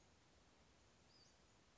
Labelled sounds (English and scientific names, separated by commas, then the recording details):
Western Flycatcher (Empidonax difficilis)
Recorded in Sonoma County, California